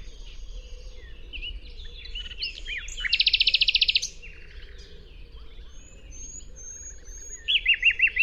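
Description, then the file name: Common nightingale song: scattered whistles lead into a loud, fast pulsed rattle, then thin high whistles and a final run of repeated arched notes. "Luscinia megarhynchos"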